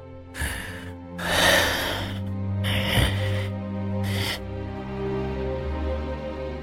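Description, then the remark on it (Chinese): Harsh, wheezing breaths rasp in and out of the throat like a broken bellows being pulled hard, four ragged bursts with the second the longest, over a low droning tone that lingers after the last breath. “袁良说完这一大段话，脸色越发难看起来，从喉咙里喘气的声音就像一个破了的风箱在被使劲拉动一样，十分难听。”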